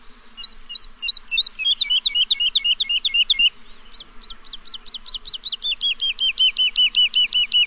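Bird song of rapid repeated sharp notes in shifting phrases, each phrase a different note type, ending in a long, steady series of quick hooked notes.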